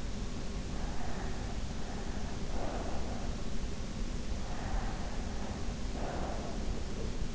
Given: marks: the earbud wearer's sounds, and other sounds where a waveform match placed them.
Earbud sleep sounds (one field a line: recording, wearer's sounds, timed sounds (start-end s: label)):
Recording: sounds in sleep by an in-ear microphone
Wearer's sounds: breath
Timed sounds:
0.78-3.45 s: breath
4.38-6.78 s: breath